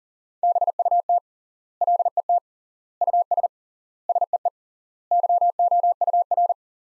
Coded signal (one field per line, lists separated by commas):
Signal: Morse code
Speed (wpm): 40 wpm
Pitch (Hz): 700 Hz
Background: none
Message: BUT LET US SEE YOUR